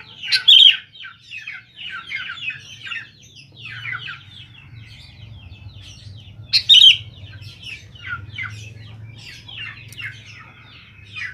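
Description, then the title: Sooty-headed bulbul singing in fast chattering, bubbling phrases, with two sharp loud bursts about six seconds apart and a faint low rumble beneath. "Kutilang"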